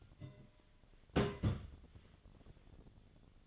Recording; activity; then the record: daily activity, microphone in the room; place on stove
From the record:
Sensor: 4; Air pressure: 1010.8 hPa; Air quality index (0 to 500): 168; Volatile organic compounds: 5 ppm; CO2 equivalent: 1710 ppm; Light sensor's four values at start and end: 40/113/45/46 and 40/114/46/47